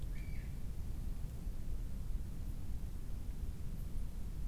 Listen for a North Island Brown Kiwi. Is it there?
no